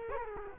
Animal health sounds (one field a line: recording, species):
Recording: mosquito wingbeat signal from an infrared sensor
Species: Culex quinquefasciatus